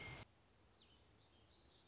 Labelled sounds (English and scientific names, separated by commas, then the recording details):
Warbling Vireo (Vireo gilvus)
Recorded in Sonoma County, California